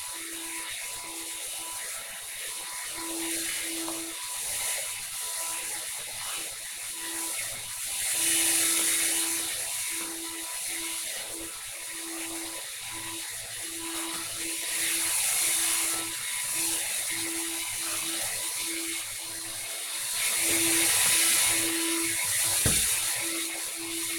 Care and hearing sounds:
household activities, microphone on the right wrist
0.00-24.19 s: vacuum cleaning

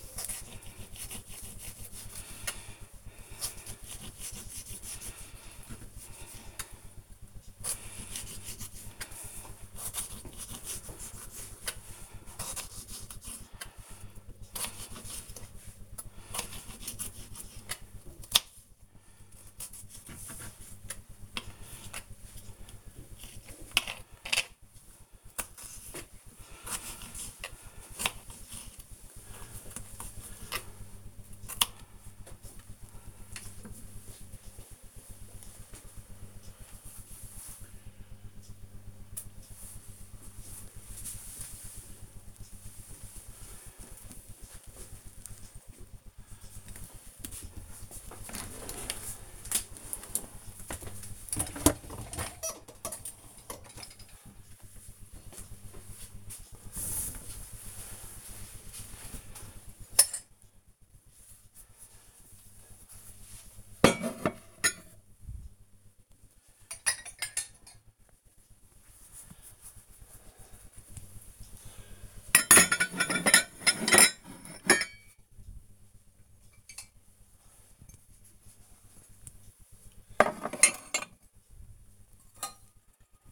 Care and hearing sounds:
household activities, microphone on the right wrist
0.00-32.16 s: cutting vegetables
48.26-83.32 s: cleaning out the dishwasher

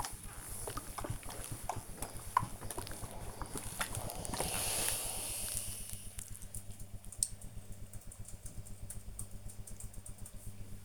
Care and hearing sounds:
household activities, microphone on the right wrist
0.00-4.59 s: ironing laundry

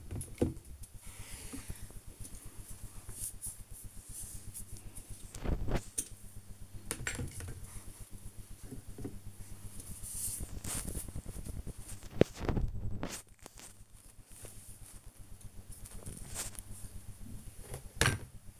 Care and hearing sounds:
household activities, microphone on the right wrist
0.00-18.60 s: tidy up the cupboard

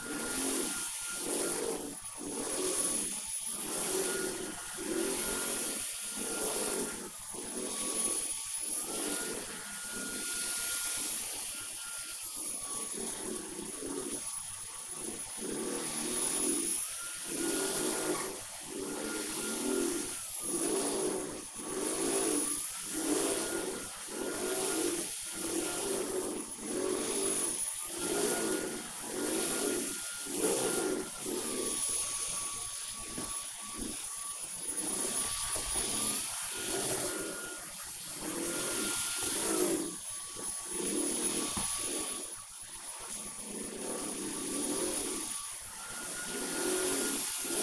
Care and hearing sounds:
household activities, microphone on the right wrist
0.00-47.63 s: vacuum cleaning

